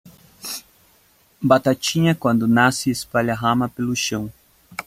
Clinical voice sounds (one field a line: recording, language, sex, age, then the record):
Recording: short text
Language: Brazilian Portuguese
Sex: male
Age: 20 to 29 years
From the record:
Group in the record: control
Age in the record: 29 years